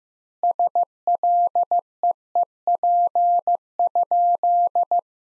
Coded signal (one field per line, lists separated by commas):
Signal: Morse code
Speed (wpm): 15 wpm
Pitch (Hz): 700 Hz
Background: none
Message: SLEEP?